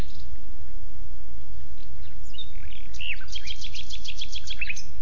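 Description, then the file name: Common nightingale song phrase of scattered notes building into a quick run of repeated sharp chips, against low rumbling background. "Luscinia megarhynchos"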